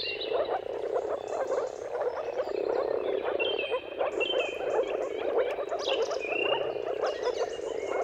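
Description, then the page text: Moor frogs calling together in a continuous, muffled bubbling chorus, with birds twittering and whistling at a higher pitch throughout. Moor frog mating chorus at sunrise, at the turn of March and April, with timing depending on the weather. "earth-fm Jakub-Orzecki moor frogs. Dawn’s Chorus: Mating Calls of Marsh Frogs at Sunrise. Depending on the weather at the turn of March and April, you can witness an amazing spectacle of moor frogs"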